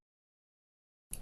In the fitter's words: and it snaps right into place and you have a very nice large workspace all the way around here